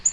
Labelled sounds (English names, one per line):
Black-throated Green Warbler flight call